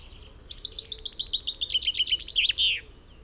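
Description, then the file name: Common chaffinch song: a rapid run of bright chipping notes lasting about two seconds, stepping down in pitch and ending in a short buzzy flourish. "Fringilla coelebs"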